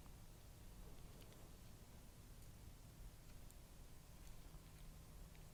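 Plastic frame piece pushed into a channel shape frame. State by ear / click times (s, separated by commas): not seated / none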